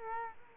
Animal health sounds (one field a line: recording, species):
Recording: mosquito wingbeat signal from an infrared sensor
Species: Culex quinquefasciatus